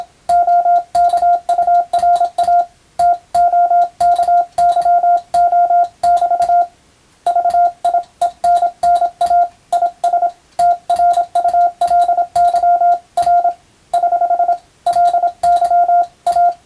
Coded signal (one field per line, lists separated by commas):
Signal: Morse code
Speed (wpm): 27 wpm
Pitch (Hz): 700 Hz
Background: none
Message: OKURA TOKYO <BT> VIENNA IS TRULY R <HH> LY A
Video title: アマチュア無線のＦＴ８も楽しいけどＣＷはもっと楽しいぞ！モールス信号を操る匠の技！自分の頭の中で符号を変換して脳を活性化！morse code practice for radio operator)